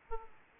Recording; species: mosquito wingbeat signal from an infrared sensor; Aedes aegypti